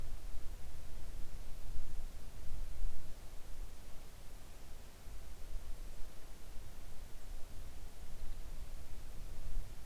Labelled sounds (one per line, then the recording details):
near silence
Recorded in the Arctic National Wildlife Refuge, Alaska, on 3 August 2019 at 05:35
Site 41